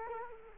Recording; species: mosquito wingbeat signal from an infrared sensor; Culex quinquefasciatus